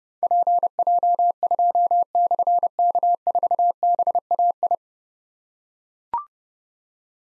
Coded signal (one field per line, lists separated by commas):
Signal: Morse code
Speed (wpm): 30 wpm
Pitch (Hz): 700 Hz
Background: none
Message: PJ2/K4BAI